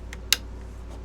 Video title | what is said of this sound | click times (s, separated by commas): Converting Epson WF7840 to sublimation | and you push down until you hear it click | 0.3 s